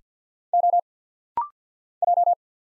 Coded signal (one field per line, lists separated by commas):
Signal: Morse code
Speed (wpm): 48 wpm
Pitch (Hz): 700 Hz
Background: none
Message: O J